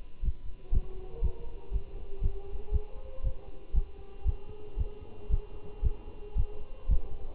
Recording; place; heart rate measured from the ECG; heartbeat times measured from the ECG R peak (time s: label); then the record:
heart sounds by stethoscope; between the tricuspid and mitral areas; 117 bpm
0.24 s: heartbeat
0.73 s: heartbeat
1.23 s: heartbeat
1.73 s: heartbeat
2.23 s: heartbeat
2.73 s: heartbeat
3.24 s: heartbeat
3.75 s: heartbeat
4.27 s: heartbeat
4.79 s: heartbeat
5.31 s: heartbeat
5.84 s: heartbeat
6.37 s: heartbeat
6.90 s: heartbeat
From the record:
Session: Bruce protocol treadmill stress test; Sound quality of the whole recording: good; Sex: male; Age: 25 years